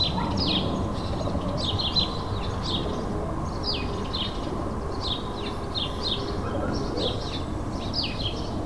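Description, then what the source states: Sparrow chirps, quick downward-sweeping chirps repeated in uneven runs over steady low outdoor rumble. Several sparrows in a suburban setting, May 2022.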